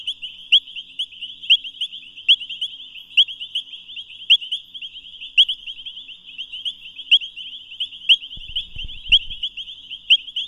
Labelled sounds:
Painted Reed Frog (Hyperolius marmoratus) call
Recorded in the wild
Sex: group
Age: adult
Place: Camp Satara, Krüger Nationalpark, ZA
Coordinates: -24.4, 31.78
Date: 1996-01-12 22:17
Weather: 26°C, Luftfeuchtigkeit 60%
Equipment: Sony TCD-D3 (Longplay), Sennheiser ME 80, K 30 AV
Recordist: Gutsche, Alexander

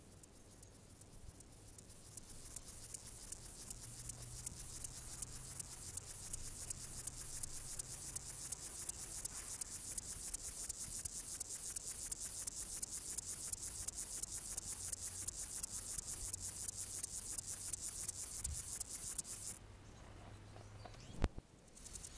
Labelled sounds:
Upland Field Grasshopper (Chorthippus apricarius) stridulation
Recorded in the wild
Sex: male
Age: imago
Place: Summt, Grundstück, Brandenburg, DE
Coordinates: 52.6931, 13.3619
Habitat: Garten, Wiese
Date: 1971-07-24 15:11
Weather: diesig, gewittrig, 30°C
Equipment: Uher 4000 Report-Monitor, Sennheiser MD 421
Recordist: Tembrock, Günter
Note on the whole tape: Summt, Grundstück - Wiese: Stridulation (als Beleg 1 gefangen)

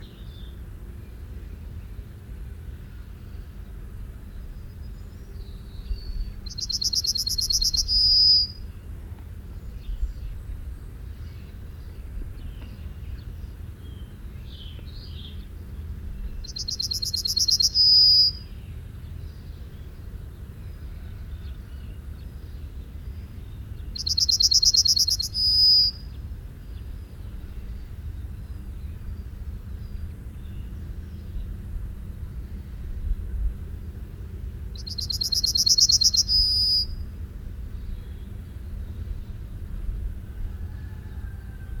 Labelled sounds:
Yellowhammer (Emberiza citrinella) song
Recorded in the wild
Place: Ralswiek, Insel Rügen, Mecklenburg-Vorpommern, DE
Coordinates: 54.475, 13.446
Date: 1970-04-25
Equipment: Nagra III BH, Sennheiser MD 21, parabola
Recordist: Schubert, Michael
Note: Bei Ralswiek: Ges. Goldammer, leicht übersteuert

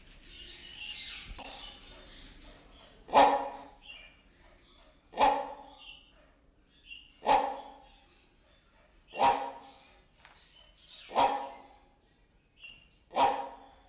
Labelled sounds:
Great Hornbill (Buceros bicornis)
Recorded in captivity
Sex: pair
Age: adult
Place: Zoo Berlin, Berlin, DE
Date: 1992-12-05 10:54
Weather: schwach sonnig, ca. 4°C
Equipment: Marantz CP 430, Sennheiser ME 80, Kopie Tesla B 116
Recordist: Tembrock, Günter

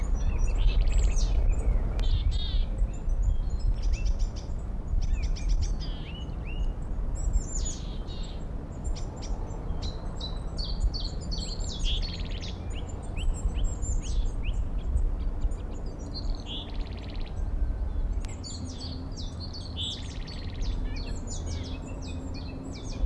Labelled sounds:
Willow Tit (Poecile montanus)
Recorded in the wild
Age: adult
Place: Mirnock, Kärnten, AT
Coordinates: 46.758, 13.714
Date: 1967-04-15
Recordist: Brunner, Thomas

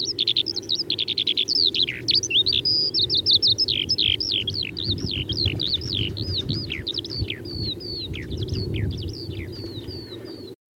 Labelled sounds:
Eurasian Skylark (Alauda arvensis) song
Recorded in the wild
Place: Schönfeld, Brandenburg, DE
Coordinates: 53.396, 14.001
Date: 1988-04-30
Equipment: Nagra III BH, Sennheiser MD 21, parabola
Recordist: Schubert, Michael
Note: Bodengesang Feldlerche

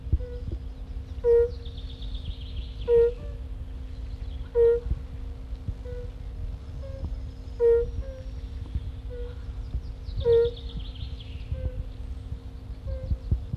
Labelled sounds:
Fire-Bellied Toad (Bombina bombina) call
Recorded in the wild
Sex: male
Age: adult
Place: Buxpfuhl, Brandenburg, DE
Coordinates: 52.78, 13.67
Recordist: Günther, Rainer
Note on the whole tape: Rufe

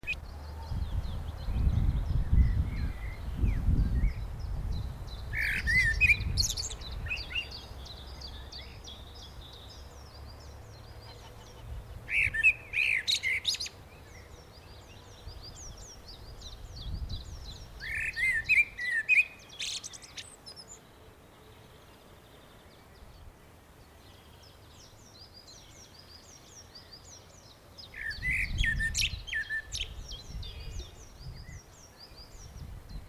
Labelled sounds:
Common Blackbird (Turdus merula)
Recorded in the wild
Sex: male
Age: adult
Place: Friedhof Niederschönhausen III, Berlin, DE
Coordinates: 52.5706, 13.3875
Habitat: city cemetery
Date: 1987-04-18 13:28
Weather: sunny, 10°C
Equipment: Nagra SN, Kopie Tesla B 116
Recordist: Tembrock, Günter

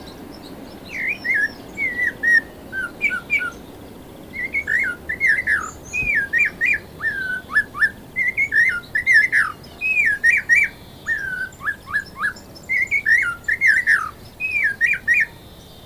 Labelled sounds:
Snowy-crowned Robin-Chat (Cossypha niveicapilla) song
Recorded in captivity
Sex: male
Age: adult
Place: Zoo Berlin, Berlin, DE
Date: 2000-04-04 12:07
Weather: cloudy, ca. 13°C
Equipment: Nagra SN, Kopie Uher 4000 Report Monitor
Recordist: Tembrock, Günter

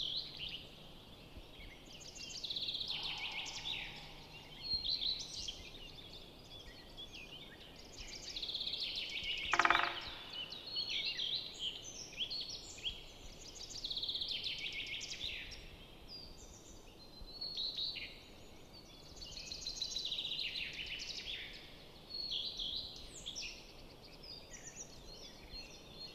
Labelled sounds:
Great Spotted Woodpecker (Dendrocopos major) drumming
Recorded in the wild
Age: adult
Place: Goriner Forst, Naturpark Barnim, Brandenburg, DE
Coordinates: 52.7038, 13.4911
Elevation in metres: 77
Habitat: deciderous forest
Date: 2014-04-27
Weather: cloudy, 15°C, weak wind
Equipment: Sound Devices 702, Sennheiser MKH 70, Rycote Windschutz
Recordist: Frommolt, Karl-Heinz

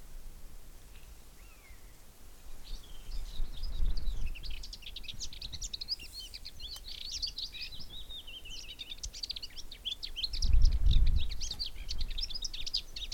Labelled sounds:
Lesser Whitethroat (Sylvia curruca)
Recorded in the wild
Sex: male
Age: adult
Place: Gosener Wiesen, Berlin, DE
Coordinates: 52.41, 13.72
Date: 1989-04-30 15:15
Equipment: Uher 4400 Report Monitor, Sennheiser ME 80, K 30 AV
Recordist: Fischer, Stefan

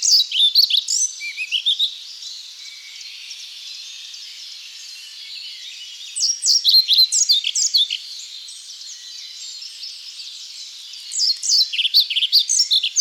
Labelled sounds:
European Pied Flycatcher (Ficedula hypoleuca) song
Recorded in the wild
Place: Waltershofen / Freiburg im Breisgau, Baden-Württemberg, DE
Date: 2008-04-26
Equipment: MiniDisc Sharp MT 20 H
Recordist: Schwarz, Dieter

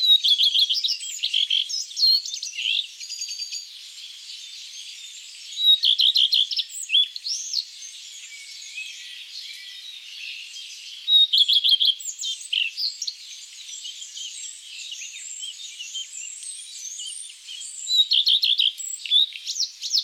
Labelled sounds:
Common Redstart (Phoenicurus phoenicurus) song
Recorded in the wild
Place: Ihringen am Kaiserstuhl, Baden-Württemberg, DE
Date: 2008-04-28
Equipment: MiniDisc Sharp MT 20 H
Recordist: Schwarz, Dieter

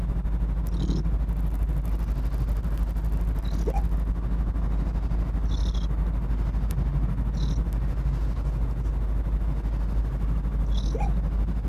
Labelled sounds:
Arctic Fox (Vulpes lagopus)
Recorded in captivity
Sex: male
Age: adult
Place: Zoologisches Institut der HUB, Berlin, DE
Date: 1957-01-10
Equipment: Elmetra
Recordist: Tembrock, Günter
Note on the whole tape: Fuchsanlage: "Teddy": Liegt unter der Kiste, bei Annäherung des Beobachters geschlossenes Bellen, erst mit Fiepanlaut, dann z.T. auch Fiepen allein, dann Fiepanlaut-Knurranlaut-Bellen, schließlich weiches geschlossenes Bellen allein, geschnitten - 2 Teile; z.T. sehr gut

